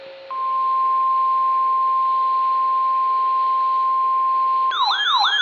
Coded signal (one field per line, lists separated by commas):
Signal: Emergency Alert System (SAME) tones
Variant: 1050 Hz attention tone